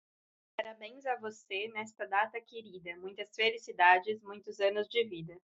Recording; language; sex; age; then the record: short text; Brazilian Portuguese; female; 20 to 29 years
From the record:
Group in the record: control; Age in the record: 23 years